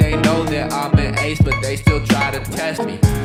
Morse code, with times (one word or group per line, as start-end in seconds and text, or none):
none